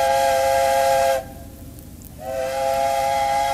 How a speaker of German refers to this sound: Der Lotse steht auf der Kommandobrücke. Die Sirene heult auf. Die letzten Halteleinen fallen. Die Landungsgänge werden eingezogen. Noch einmal heulen die Sirenen 3-mal auf.